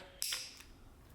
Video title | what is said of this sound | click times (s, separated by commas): IT'S ALIVE!! Driving My STAGE 2 Whipple 2024 Mustang GT!! | So now, with that grinded down, boom, snaps right in. | 0.2 s